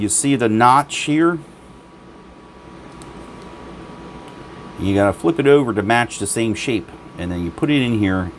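A SIM card is handled and flipped over so its notch lines up with the matching shape of the phone's SIM tray before it goes in. Someone talks over a steady low hum, with a faint tick at about 3.0 s during a quiet pause. Nothing has seated or clicked into the tray yet.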